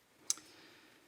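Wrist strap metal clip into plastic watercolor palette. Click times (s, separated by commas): 0.3 s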